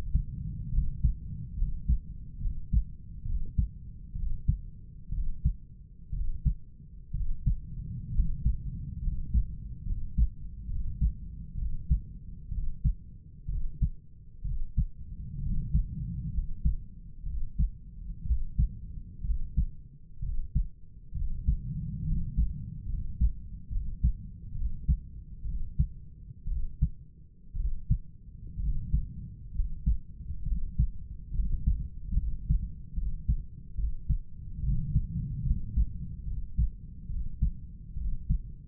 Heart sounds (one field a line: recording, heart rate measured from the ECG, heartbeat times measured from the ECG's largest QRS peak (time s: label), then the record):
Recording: heart sounds by stethoscope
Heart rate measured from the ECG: 66 bpm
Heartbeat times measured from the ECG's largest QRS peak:
0.73 s: heartbeat
1.58 s: heartbeat
2.42 s: heartbeat
3.27 s: heartbeat
4.17 s: heartbeat
5.13 s: heartbeat
6.14 s: heartbeat
7.15 s: heartbeat
8.15 s: heartbeat
9.04 s: heartbeat
9.87 s: heartbeat
10.70 s: heartbeat
11.59 s: heartbeat
12.53 s: heartbeat
13.50 s: heartbeat
14.46 s: heartbeat
15.43 s: heartbeat
16.35 s: heartbeat
17.27 s: heartbeat
18.27 s: heartbeat
19.26 s: heartbeat
20.24 s: heartbeat
21.16 s: heartbeat
22.07 s: heartbeat
22.90 s: heartbeat
23.72 s: heartbeat
24.56 s: heartbeat
25.47 s: heartbeat
26.49 s: heartbeat
27.58 s: heartbeat
28.61 s: heartbeat
29.55 s: heartbeat
30.47 s: heartbeat
31.35 s: heartbeat
32.17 s: heartbeat
32.97 s: heartbeat
33.78 s: heartbeat
34.64 s: heartbeat
35.46 s: heartbeat
36.27 s: heartbeat
37.10 s: heartbeat
37.98 s: heartbeat
From the record:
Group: healthy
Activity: rest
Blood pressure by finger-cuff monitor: 131/84 mmHg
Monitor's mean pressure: 97 mmHg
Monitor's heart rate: 67 bpm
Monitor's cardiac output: 7.2 L/min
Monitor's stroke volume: 108 mL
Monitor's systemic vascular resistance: 980 dyn s/cm5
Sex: male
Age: 30 years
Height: 188 cm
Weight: 110.2 kg